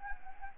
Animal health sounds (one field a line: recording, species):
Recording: mosquito wingbeat signal from an infrared sensor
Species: Anopheles arabiensis